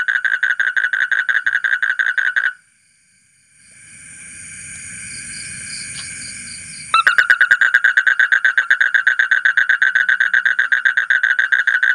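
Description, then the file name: Asian common toad trilling in rapid pulses, broken by a few seconds of hiss and a high whine before the fast rattling trill resumes. "suara kodok bangkong kolong kodok buduk"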